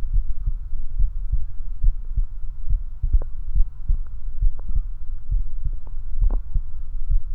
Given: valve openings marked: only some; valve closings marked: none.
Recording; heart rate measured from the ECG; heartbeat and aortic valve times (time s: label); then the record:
heart sounds by stethoscope; 69 bpm
0.15 s: heartbeat (ECG mark)
1.01 s: heartbeat (ECG mark)
1.85 s: heartbeat (ECG mark)
1.92 s: aortic valve opens (echo mark)
2.72 s: heartbeat (ECG mark)
3.57 s: heartbeat (ECG mark)
4.44 s: heartbeat (ECG mark)
5.33 s: heartbeat (ECG mark)
5.41 s: aortic valve opens (echo mark)
6.23 s: heartbeat (ECG mark)
7.13 s: heartbeat (ECG mark)
From the record:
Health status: healthy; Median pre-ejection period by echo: 68 ms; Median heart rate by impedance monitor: 69 bpm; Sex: male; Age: 21 years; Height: 170 cm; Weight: 85 kg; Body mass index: 29.41